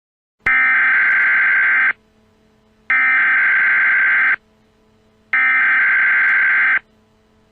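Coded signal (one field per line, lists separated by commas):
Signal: Emergency Alert System (SAME) tones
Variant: header bursts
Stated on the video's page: Fictional mock EAS scenario following a summer thunderstorm.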